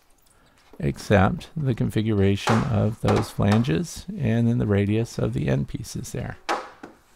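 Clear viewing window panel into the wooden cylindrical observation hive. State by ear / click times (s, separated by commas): seated / 6.8 s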